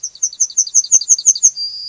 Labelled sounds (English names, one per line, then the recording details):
Yellowhammer song
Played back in grassland
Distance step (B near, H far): B
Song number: 004